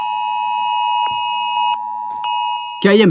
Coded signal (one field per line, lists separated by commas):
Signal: Emergency Alert System (SAME) tones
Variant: 853 and 960 Hz attention tone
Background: speech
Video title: सरकार ने अचानक सबको मैसेज क्यों भेजा? Emergency Alert Explained